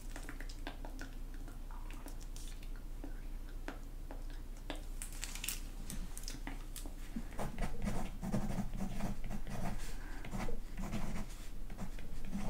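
Inaudible whispering runs through a low, steady hum, with soft breathy bursts and small clicks and taps scattered throughout. Around eight seconds the sounds thicken and grow louder, with denser rustling and mouth noises continuing to the end.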